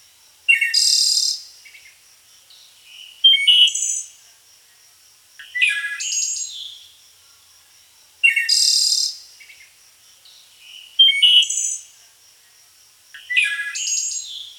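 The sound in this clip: Bird calls: bursts of high, buzzy chirps and short twittering notes in clusters about every two and a half seconds, the same pattern repeating through.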